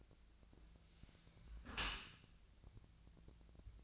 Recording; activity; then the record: daily activity, microphone in the room; close dishwasher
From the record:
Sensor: 2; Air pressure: 1000.3 hPa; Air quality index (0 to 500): 163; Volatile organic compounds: 3 ppm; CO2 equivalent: 1354 ppm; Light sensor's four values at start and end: 11/31/12/13 and 11/31/12/13